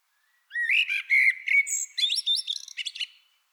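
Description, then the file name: Eurasian blackbird song phrase: several rich, low warbled whistles, then a rapid, thin, high-pitched twittering flourish. "Turdus merula"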